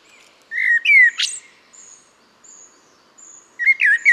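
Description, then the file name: Common blackbird giving a short fluty warble that ends in a sharp squeaky flourish, then a pause with faint high whistles before the next phrase begins. "Turdus merula"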